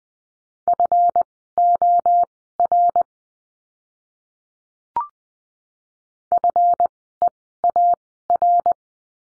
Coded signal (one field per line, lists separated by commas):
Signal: Morse code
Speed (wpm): 20 wpm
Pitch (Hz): 700 Hz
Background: none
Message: FOR FEAR